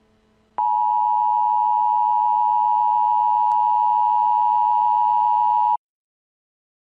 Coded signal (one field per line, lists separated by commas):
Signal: Emergency Alert System (SAME) tones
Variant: 853 and 960 Hz attention tone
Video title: Mandela EAS Scenario | Alternate Universe REMASTERED